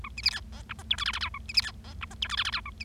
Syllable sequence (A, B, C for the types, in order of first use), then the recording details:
A B C D E F G H I J J K A B C D E F G H I J J K A B. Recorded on 25 March 2012 at 17:11. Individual gy6or6